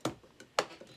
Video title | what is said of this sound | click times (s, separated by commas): 6-20-23 harvesting the Hogg HalfComb super. | and then listen when you put them in there and you get it in there just right you'll hear that click now listen | 0.0 s, 0.6 s